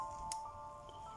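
A steel Rolex watch mainspring is pressed out of its winder into the barrel, giving a single sharp, bright click at 0.3 s over a low, steady background tone. The mainspring snaps in and is seated inside the barrel.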